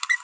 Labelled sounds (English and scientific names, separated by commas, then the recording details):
Green-rumped Parrotlet (Forpus passerinus) babbling
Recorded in a nest box in Venezuela
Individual 18B25A3